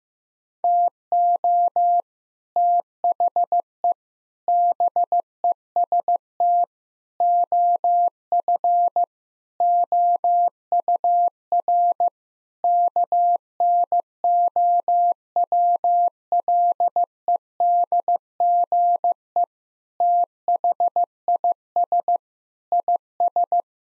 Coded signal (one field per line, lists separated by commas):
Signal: Morse code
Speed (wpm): 16 wpm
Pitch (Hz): 700 Hz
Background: none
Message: TO THE BEST OF OUR KNOWLEDGE THIS IS